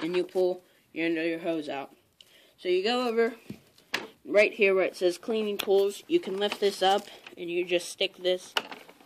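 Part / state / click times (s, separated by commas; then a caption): vacuum hose end into upright vacuum's tool-mode port / not seated / none. Someone talks while the plastic hose end is pulled out of its holder on an upright vacuum and the flap over the cleaning-tools port is lifted. Brief sharp handling knocks come at about 3.8 s and 3.9 s. The hose end is being brought to the tool-mode port, but nothing has seated or clicked yet.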